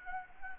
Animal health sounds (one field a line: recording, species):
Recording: mosquito wingbeat signal from an infrared sensor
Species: Anopheles gambiae